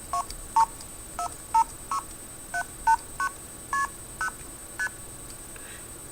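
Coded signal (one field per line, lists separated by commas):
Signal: multi-frequency trunk signalling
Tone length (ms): 80 ms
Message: 24679KP0ST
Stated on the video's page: Multi-frequency tones from a homebuilt blue box replicating the 1971 Esquire article's device.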